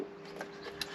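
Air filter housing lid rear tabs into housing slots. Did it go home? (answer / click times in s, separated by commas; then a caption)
yes / 0.4 s, 0.8 s. The two rear tabs of the air filter housing lid on a Toyota Corolla/Auris/C-HR 1.2T are pushed into their slots in the housing as the lid goes back on after a new air filter is fitted. Two short clicks sound at 0.4 s and 0.8 s over a steady low hum, and the tabs are seated.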